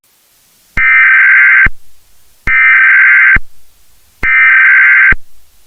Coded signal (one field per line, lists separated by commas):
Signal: Emergency Alert System (SAME) tones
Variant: header bursts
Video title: Infected: A Zombie EAS Scenario